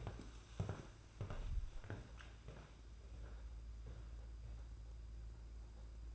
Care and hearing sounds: daily activity, microphone in the room; walk to room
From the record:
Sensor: 2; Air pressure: 991.9 hPa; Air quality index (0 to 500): 232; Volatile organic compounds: 1000 ppm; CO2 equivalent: 7810 ppm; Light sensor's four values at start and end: 14/48/18/17 and 18/58/22/21

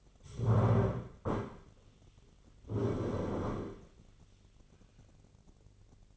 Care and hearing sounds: daily activity, microphone in the room; stand up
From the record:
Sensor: 4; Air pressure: 1010.2 hPa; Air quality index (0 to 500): 186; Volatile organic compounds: 3 ppm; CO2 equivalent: 1338 ppm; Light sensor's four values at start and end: 43/105/44/48 and 43/105/44/48

